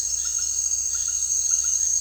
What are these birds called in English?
none